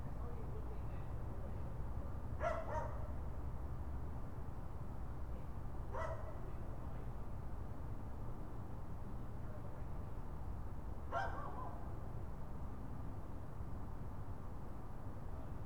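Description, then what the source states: Raccoon calls: three brief, harsh, barking notes spaced several seconds apart, over a low hum. More than one raccoon.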